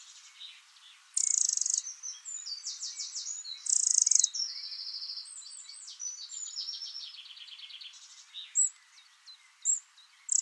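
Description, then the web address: Bird song, very high buzzy trills and sharp whistled notes, in bursts separated by short pauses. "cianscape birddata Deverinetal 2025. Bird Only"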